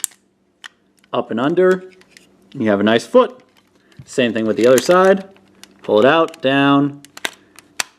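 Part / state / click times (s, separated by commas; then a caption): leg joint of a plastic transforming toy robot / seated / 7.8 s. Someone talks while the other leg of a plastic Legacy Tigerzord transforming toy robot is pulled out and down at its leg joint, with a few light plastic taps along the way. At 7.8 s the leg clicks into its locked position with a very sharp, loud click, seating the second leg in place.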